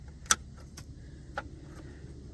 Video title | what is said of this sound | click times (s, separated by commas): GM Fender Misalignment Bulge | you can hear that little bit of a click well | 0.3 s